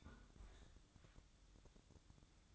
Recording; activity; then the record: daily activity, microphone in the room; close fridge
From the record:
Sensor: 3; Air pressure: 1007.7 hPa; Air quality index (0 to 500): 79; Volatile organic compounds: 1 ppm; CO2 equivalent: 675 ppm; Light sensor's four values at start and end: 13/30/12/13 and 13/30/12/12